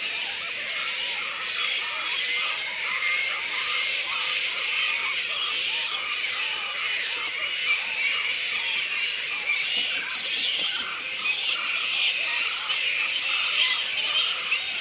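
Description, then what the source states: Black flying fox colony: dense, shrill squabbling of many overlapping squeaks, swelling in short bursts above a steady hiss. Colony of black fruit bats (Pteropus alecto) squeaking.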